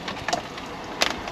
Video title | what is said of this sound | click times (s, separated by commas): STOFZUIGEN ZO DOEN WIJ DAT camper en caravan - Campingtrend | hem en zijn ze komt zo naar dienen dan maar in je niet uit nee nou ja zit wel mooi vergrendeld dus | 1.0 s